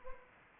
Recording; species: mosquito wingbeat signal from an infrared sensor; Anopheles gambiae